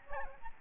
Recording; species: mosquito wingbeat signal from an infrared sensor; Aedes albopictus